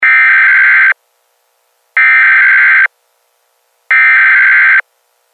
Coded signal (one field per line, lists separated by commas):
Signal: Emergency Alert System (SAME) tones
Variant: header bursts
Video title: EAS - The Phantom Cunt knocks out Saint Claire County's power and asserts his dominance